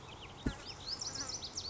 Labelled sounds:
Lazuli Bunting (Passerina amoena)
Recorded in Sonoma County, California

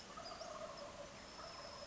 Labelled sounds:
Western Flycatcher (Empidonax difficilis)
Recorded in Sonoma County, California

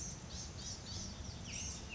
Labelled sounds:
Blue-gray Gnatcatcher (Polioptila caerulea)
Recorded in Sonoma County, California

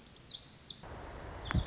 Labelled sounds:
Pacific Wren (Troglodytes pacificus)
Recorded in Sonoma County, California

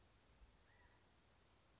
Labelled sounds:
California Towhee (Melozone crissalis)
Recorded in Sonoma County, California

